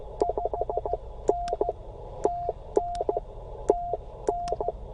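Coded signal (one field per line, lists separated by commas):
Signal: Morse code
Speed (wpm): 14 wpm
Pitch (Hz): 700 Hz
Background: none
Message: 5N TN TN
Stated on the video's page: Portable CW during a park activation with a Bamatech key adjusted too tight, causing key failure; slow DX contact in adverse conditions.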